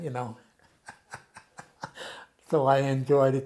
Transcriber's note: chuckles